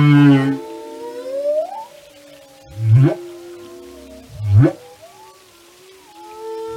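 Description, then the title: Whale song: an opening low moan, a long rising whistle, then two short grunting pulses among steady tonal hums. Whale songs and communication. "Whale Behavior"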